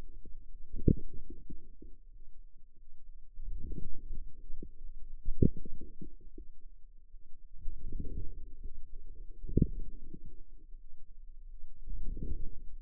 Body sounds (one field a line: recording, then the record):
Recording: forearm muscle sounds (acoustic myography)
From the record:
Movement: outward rotation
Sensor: system 2, bracelet of six BSWA MPA416 microphones around the upper forearm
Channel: 2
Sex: female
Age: 23 years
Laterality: right